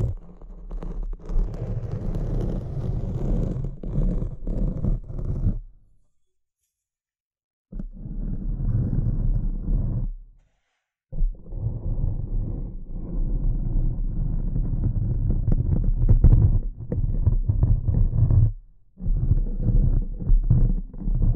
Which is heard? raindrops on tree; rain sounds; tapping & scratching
tapping & scratching